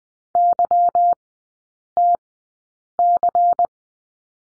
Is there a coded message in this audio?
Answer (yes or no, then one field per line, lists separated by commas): yes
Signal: Morse code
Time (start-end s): 0.4-3.7 s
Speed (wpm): 20 wpm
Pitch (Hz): 700 Hz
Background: none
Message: YTC